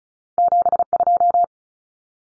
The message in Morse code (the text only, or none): 72